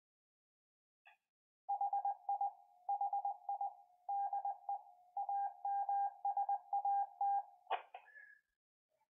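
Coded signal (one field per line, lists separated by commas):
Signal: Morse code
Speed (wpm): 20 wpm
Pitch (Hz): 800 Hz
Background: none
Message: HI HI DE AMSAT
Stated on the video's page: CW (Morse) and SSTV telemetry modes transmitted by the AMSAT CubeSatSim Lite satellite simulator.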